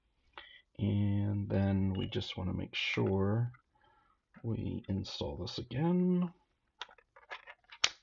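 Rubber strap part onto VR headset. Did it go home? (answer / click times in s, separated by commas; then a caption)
yes / 7.8 s. Someone talks while reinstalling a rubbery, flexible strap part onto a VR headset, followed by a few small handling clicks. A sharp snap at 7.8 seconds marks the strap part seating into place.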